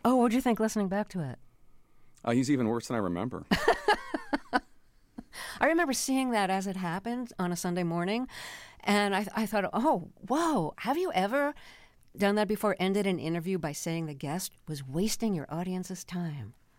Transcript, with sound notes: Oh, what'd you think listening back to it?
He's even worse than I remember.
(Laughter). I remember seeing that as it happened on a Sunday morning. And I thought, oh, wow. Have you ever done that before, ended an interview by saying the guest was wasting your audience's time?